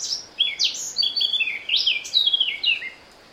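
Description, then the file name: Eurasian blackcap song: a brief, bright run of slurred whistles stepping downward in pitch. "Sylvia atricapilla"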